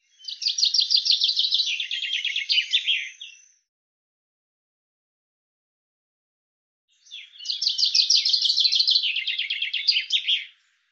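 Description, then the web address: Common chaffinch song: two complete phrases about three and a half seconds apart, each a fast rattling trill tumbling downward and ending in a flourish. "Deverinetal 2025 File cleaned normalized Bird Fr Co"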